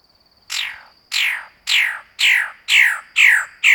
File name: magnificent bird of paradise omkicau